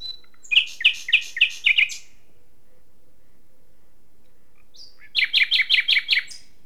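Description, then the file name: Common nightingale song: two phrases of loud repeated double notes separated by a quiet pause. "Luscinia megarhynchos"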